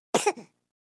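A newborn baby's short cough, one brief burst breaking into a few quick pulses.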